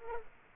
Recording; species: mosquito wingbeat signal from an infrared sensor; Culex quinquefasciatus